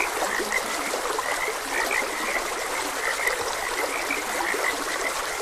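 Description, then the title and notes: Frogs croak continuously in chorus, short bright notes overlapping throughout, set against constant stream noise. Frogs croaking beside a gentle stream. "Gentle Stream and Frogs Croaking. Sleep and Relaxation Podcast"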